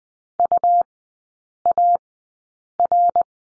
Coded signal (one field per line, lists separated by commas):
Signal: Morse code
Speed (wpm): 20 wpm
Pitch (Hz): 700 Hz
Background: none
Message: UAR